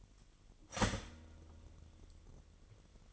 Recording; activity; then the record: daily activity, microphone in the room; start toaster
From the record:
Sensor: 4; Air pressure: 1002.9 hPa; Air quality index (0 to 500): 242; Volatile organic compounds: 18 ppm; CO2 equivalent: 2626 ppm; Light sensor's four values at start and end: 19/66/25/24 and 19/66/24/24